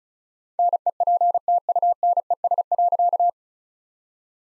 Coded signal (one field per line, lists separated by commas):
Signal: Morse code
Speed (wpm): 34 wpm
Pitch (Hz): 700 Hz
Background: none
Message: NEPTUNES.